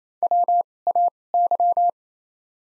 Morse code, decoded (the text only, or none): WAY